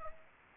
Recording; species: mosquito wingbeat signal from an infrared sensor; Aedes aegypti